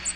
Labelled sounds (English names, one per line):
American Redstart flight call